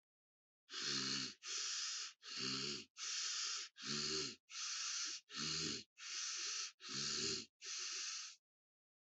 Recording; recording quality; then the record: deep breathing; excellent, no background noise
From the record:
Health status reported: healthy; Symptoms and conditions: none ticked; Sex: male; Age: 24 years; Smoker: not ticked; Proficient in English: yes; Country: India